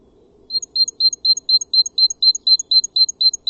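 Bird call, a clean high two-part note repeated evenly about four times a second in a steady, metronomic series.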